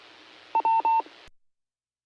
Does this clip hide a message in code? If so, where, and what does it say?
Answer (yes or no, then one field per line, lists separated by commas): no